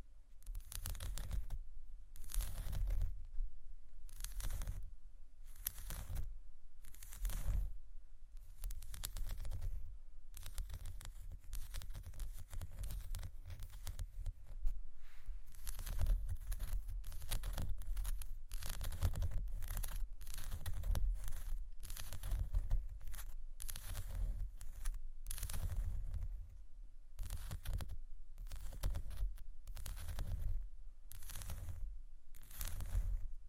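Tapping and scratching on glass and bamboo, with short bright strikes landing every half second or so, sometimes in quicker clusters around the middle. A steady low rumble runs underneath throughout, and the pattern stays busy and fairly even across the whole clip.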